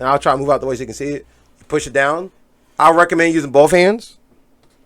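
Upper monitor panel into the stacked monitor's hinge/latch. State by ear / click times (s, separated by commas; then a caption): not seated / none. Someone talks while handling a Geminos dual stacked portable monitor, getting ready to push the top screen down with both hands into the stacked monitor's hinge latch. Nothing has seated or clicked yet.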